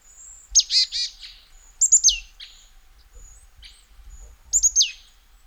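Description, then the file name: Marsh tit giving buzzy harsh notes followed by a short series of sharp, high, downslurred notes, the emphatic series repeated again near the end. "Poecile palustris"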